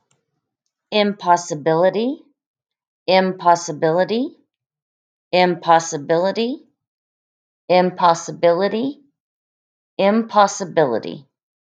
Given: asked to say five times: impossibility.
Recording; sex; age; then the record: repeated word; female; 40 to 49 years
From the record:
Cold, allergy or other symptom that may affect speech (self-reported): no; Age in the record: 46 years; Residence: Oklahoma, United States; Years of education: 19